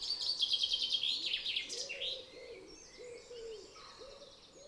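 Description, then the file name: Common chaffinch song, a quick run of high repeated notes finishing with a flourish, followed by a dove-like bird cooing softly several times. "Fringilla coelebs"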